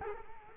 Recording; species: mosquito wingbeat signal from an infrared sensor; Culex quinquefasciatus